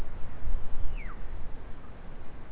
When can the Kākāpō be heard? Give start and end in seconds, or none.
none